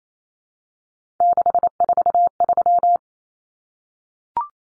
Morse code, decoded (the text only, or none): 643